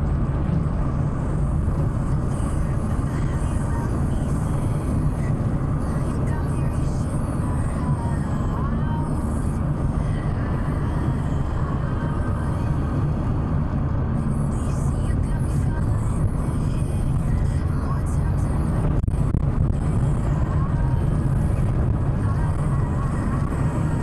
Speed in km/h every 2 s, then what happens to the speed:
85, 85, 85, 85, 86, 86, 87, 87, 86, 85, 86, 85.
0-24 steady at about 85.